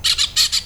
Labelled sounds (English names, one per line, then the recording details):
Brown-throated Parakeet contact call
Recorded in Venezuela
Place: Cerro Saroche, Hato Dalmatela, Edo. Lara
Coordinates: 10.149, -69.534